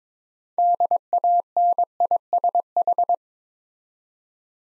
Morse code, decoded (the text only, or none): DANISH